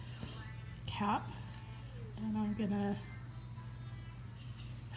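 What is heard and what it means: A capsule cap is held and lined up over a filled capsule body, ready to be pressed closed, while someone talks over faint background music. No hits are heard, and nothing has snapped or clicked into place yet.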